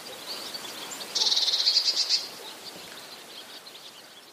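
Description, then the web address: Eurasian blue tit giving a single rapid, high buzzy trill of about a second, the notes closely packed, over faint steady background hiss. "wroblowe teka modraszkoteka"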